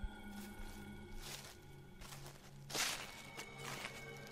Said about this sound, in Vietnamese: Vừa được mấy bước, bên tai lại nghe thấy tiếng bước chân ở đằng sau loạt xà loạt xoạt.